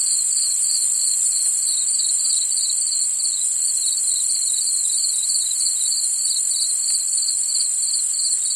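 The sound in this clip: Cricket chirping in a high pulsed trill, about three pulses a second, over a constant shrill hiss.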